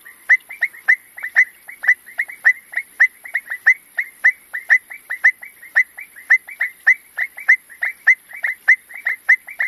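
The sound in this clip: Frog call as a long run of rapid, snappy clicks in irregular doubles and triples, continuing steadily, faint high hiss behind.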